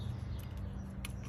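The second plastic shift cable retaining clip, on the other side of a Neuspeed short shifter being installed in an Mk4 GLI, is pushed all the way in onto the shifter linkage. A single sharp, short click sounds at 1.0 s over a steady low hum. The clip is seated and locked in place.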